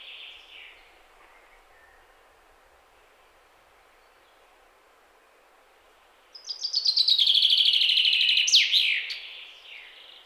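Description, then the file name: Common chaffinch song: after a quiet stretch, one loud run of quick, clear repeated notes falls in pitch and ends in an emphatic twisting flourish. "Fringilla coelebs"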